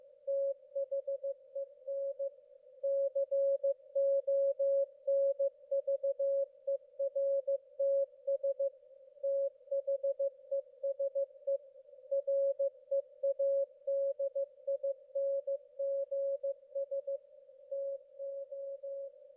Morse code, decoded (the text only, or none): THEN CONVERTS THESE READINGS TO